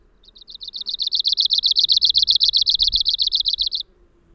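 Arctic warbler delivering a fast, even trill of many high, buzzy notes, starting softly and swelling in loudness, lasting around three and a half seconds.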